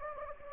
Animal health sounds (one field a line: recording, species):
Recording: mosquito wingbeat signal from an infrared sensor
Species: Anopheles gambiae